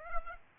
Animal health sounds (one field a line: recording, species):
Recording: mosquito wingbeat signal from an infrared sensor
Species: Aedes aegypti